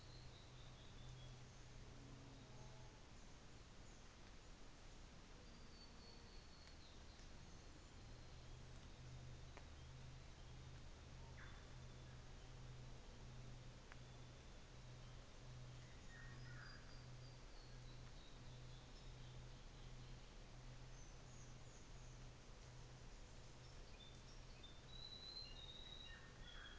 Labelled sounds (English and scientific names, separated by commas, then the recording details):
New Zealand Fantail (Rhipidura fuliginosa)
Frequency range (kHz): New Zealand Fantail (Rhipidura fuliginosa) 5.0-7.8 kHz
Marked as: faintness 5/5, faintness 3/5
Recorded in New Zealand on 24 December 2018
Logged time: 13:05